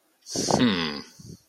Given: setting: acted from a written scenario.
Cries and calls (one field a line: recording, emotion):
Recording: vocal sound without words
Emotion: confusion